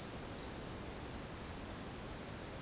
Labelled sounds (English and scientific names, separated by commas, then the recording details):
none
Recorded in secondary vegetation near Puerto Asís, Putumayo, Colombia, on 22 June 2025 at 08:00
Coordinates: 0.484, -76.319
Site G074